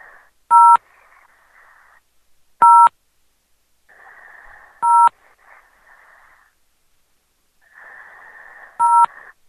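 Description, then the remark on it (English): Four short telephone keypad DTMF beeps, each a steady dual-tone chirp, pressed at uneven intervals with a faint hissy line static rising and fading between them. “You press the button.”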